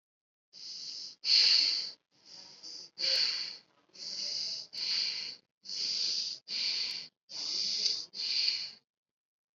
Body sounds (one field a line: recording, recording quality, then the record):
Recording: deep breathing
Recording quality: excellent, no background noise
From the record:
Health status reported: COVID-19 positive, no symptoms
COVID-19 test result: positive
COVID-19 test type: RT-PCR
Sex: female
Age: 18 years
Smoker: no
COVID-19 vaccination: both doses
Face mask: worn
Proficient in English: yes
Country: India